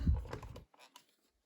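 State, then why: Not seated. A plastic canopy is handled over the cockpit of a G.I. Joe Retro Collection Cobra H.I.S.S. III toy vehicle, with dense low rustling and light plastic taps for the first 0.6 seconds, including a sharper tap at 0.3 s, then near silence broken by a faint tick at 1.0 s and a brief knock at the very end. The canopy has not come down and locked into place yet; nothing has seated or clicked.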